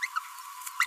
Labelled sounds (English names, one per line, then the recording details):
Green-rumped Parrotlet babbling
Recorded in a nest box in Venezuela
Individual 18B25A3